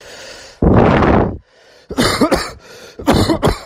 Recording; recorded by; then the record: voluntary cough; messaging app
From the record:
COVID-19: positive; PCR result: self-reported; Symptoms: no